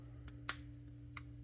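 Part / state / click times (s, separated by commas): pocket watch crown stem into its setting detent / seated / 0.5 s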